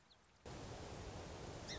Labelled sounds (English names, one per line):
Song Sparrow